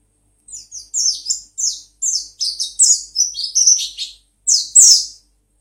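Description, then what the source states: White-eye twittering a quick sequence of high, squeaky chirps and slurred notes ending in a brighter sharp note. Song style described as ngalas ngeroll.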